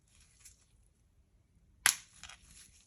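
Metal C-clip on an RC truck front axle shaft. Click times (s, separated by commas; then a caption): 1.9 s. The second metal C-clip is pushed onto the front axle shaft of a Tamiya Bruiser/HG P407 RC truck, with a faint scrape near 0.5 s and quiet handling. It snaps into place with a loud, sharp click at 1.9 s, followed by a few small clicks around 2.2–2.3 s. The clip is seated.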